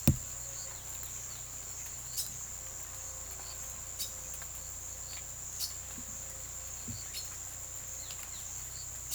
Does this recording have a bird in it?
no